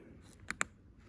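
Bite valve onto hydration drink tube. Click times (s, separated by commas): 0.6 s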